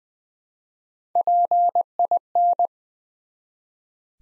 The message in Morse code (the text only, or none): PIN